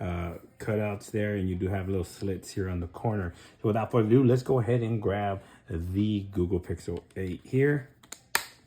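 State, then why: Seated. A Google Pixel 8 phone is pressed into a Mous protective case, a rigid shell with rubbery edges, while someone talks. A few faint taps come first, then the phone snaps into place with a sharp click at 8.4 s.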